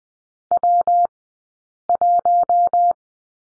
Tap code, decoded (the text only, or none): none